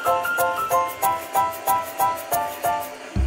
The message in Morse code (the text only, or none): none